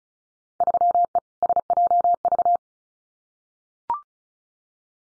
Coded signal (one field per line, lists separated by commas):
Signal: Morse code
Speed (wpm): 34 wpm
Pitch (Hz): 700 Hz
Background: none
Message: 3E SJV